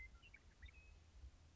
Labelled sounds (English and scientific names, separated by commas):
Western Meadowlark (Sturnella neglecta)